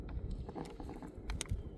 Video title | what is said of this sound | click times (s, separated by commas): How to change the differential / worm drive gears in an SCX24. | Satisfying click. | 1.4 s